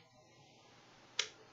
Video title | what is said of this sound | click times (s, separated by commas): *MY TAKE ON VAPING* | you hear it click now | 1.2 s